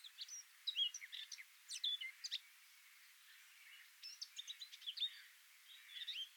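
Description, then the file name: Eurasian blackcap giving scattered short, high chirps and twittering notes in loose bursts, with pauses between groups. "Sylvia atricapilla"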